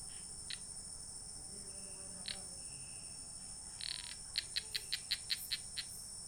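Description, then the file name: Frog calling: a burst of short, sharp clicking notes in a quick series near the end, over a constant high insect drone and a few faint chirps. "Phrynoglossus laevis"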